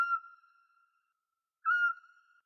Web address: Otus scops